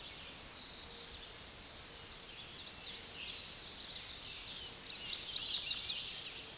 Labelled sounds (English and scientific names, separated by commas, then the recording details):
American Redstart (Setophaga ruticilla) song
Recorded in a Pennsylvania forest on 16 May 2024 at 06:12
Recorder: AudioMoth, point MSD-2305
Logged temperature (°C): 16.9 °C
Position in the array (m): 92 m, 206 m